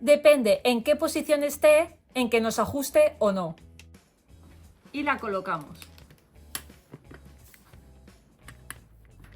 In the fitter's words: coloquei errado, o parafuso pensador não encaixou no furo da espada, a gente retira a tampa de novo, agora